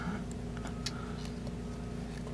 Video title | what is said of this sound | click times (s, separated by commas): LimeTech iPhone 5 Screen / LCD Screen Replacement & Dissassembly Video & Instructions | you're gonna feel you're gonna feel a clip uh every time that that you feel and clip in so you can hear that clipping | 0.9 s